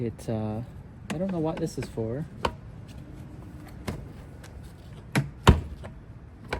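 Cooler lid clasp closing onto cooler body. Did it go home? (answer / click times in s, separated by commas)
no / none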